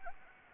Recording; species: mosquito wingbeat signal from an infrared sensor; Anopheles gambiae